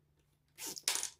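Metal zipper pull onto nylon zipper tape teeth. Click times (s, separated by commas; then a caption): 0.9 s. A number five metal zipper pull (slider) is pushed straight onto the teeth of nylon zipper tape sold by the yard. After a quiet start, a bright scraping rustle builds from about 0.6 s, then a sharp, bright click sounds at 0.9 s and fades out. The pull seats on the tape, leaving one tooth sitting slightly higher than the rest.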